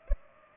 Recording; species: mosquito wingbeat signal from an infrared sensor; Culex pipiens